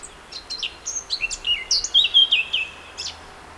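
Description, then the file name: Eurasian blackcap song: a quick burst of high, scratchy twittering notes running into rich, fluty slurred whistles, about three seconds of phrase over a quiet background. "Sylvia atricapilla"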